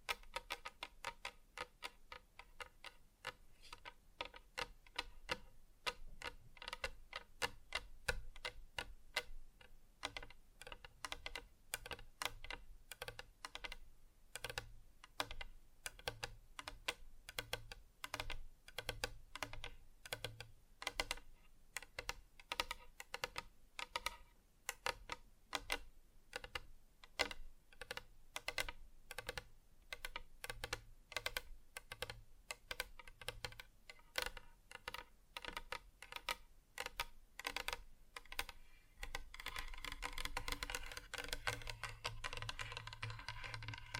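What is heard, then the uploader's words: Fingertips tap quickly and continuously on hard surfaces, a dense stream of crisp clicks with an uneven, typing-like rhythm. The taps stay steady for most of the recording, then near the end the sound turns softer and hissier, with a low rumble underneath. ASMR Just Tapping (Different Surfaces No Talking).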